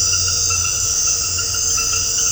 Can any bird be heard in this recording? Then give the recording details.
no. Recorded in dense forest near Puerto Asís, Putumayo, Colombia, on 4 March 2025 at 20:30. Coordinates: 0.468, -76.322. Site GP01